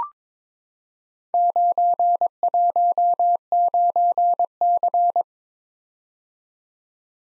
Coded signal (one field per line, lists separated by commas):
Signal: Morse code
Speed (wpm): 22 wpm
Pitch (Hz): 700 Hz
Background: none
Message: 919C